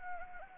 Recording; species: mosquito wingbeat signal from an infrared sensor; Anopheles gambiae